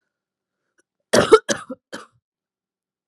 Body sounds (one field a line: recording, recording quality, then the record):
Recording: heavy voluntary cough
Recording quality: excellent, no background noise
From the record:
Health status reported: recovered from COVID-19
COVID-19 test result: positive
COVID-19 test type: RT-PCR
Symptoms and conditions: cough, cold, fatigue, loss of smell and taste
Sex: female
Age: 19 years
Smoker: no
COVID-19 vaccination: both doses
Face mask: worn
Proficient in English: yes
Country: India